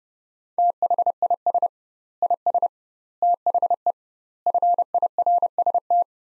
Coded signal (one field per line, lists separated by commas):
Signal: Morse code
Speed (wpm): 32 wpm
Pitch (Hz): 700 Hz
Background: none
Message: THIS IS THE FIRST